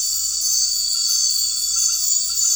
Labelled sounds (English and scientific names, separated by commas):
none